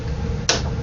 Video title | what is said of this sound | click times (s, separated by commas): Part 3 of Samsung Washer Project | aha it just snapped in place | 0.5 s